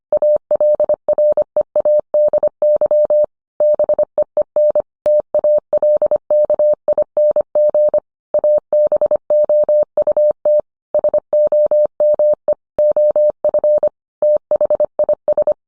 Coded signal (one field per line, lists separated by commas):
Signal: Morse code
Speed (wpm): 25 wpm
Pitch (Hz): 600 Hz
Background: none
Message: ALREADY BEEN TALKING ABOUT SOME OF THIS